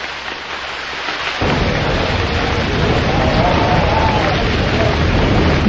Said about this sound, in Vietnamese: Một đêm kia, ngoài trời rét như cắt ruột, mưa rơi rã rít, từng cơn gió bấc rít lên nghe ghê hồn.